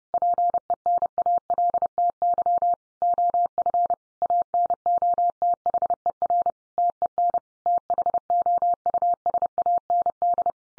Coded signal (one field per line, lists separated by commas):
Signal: Morse code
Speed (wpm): 30 wpm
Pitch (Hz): 700 Hz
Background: none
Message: PENALTY OF ANOTHER TEN THOUSAND